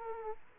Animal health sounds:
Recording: mosquito wingbeat signal from an infrared sensor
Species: Aedes aegypti

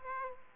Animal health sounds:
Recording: mosquito wingbeat signal from an infrared sensor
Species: Aedes aegypti

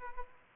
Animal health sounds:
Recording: mosquito wingbeat signal from an infrared sensor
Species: Aedes aegypti

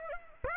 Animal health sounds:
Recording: mosquito wingbeat signal from an infrared sensor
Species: Aedes aegypti

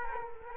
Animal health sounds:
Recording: mosquito wingbeat signal from an infrared sensor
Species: Culex quinquefasciatus

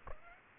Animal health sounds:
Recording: mosquito wingbeat signal from an infrared sensor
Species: Aedes aegypti

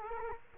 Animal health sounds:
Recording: mosquito wingbeat signal from an infrared sensor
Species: Culex quinquefasciatus

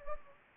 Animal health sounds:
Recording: mosquito wingbeat signal from an infrared sensor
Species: Anopheles gambiae

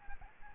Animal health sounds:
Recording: mosquito wingbeat signal from an infrared sensor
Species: Aedes albopictus

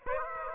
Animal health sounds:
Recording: mosquito wingbeat signal from an infrared sensor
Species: Aedes aegypti

